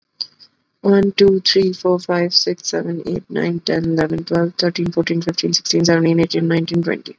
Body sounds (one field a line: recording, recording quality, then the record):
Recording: counting at a fast pace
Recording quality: excellent, no background noise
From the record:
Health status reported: respiratory illness, not identified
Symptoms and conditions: sore throat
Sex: female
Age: 28 years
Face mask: not worn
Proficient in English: yes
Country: India